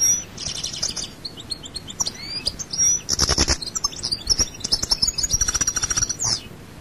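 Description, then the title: European goldfinch song with liquid twittering, a buzzy rattle, then a long run of fast repeated high notes. "Chant Chardonneret"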